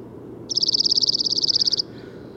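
Bird song: one rapid, high-pitched trill of evenly spaced dry notes lasting just over a second, over a steady low background hum.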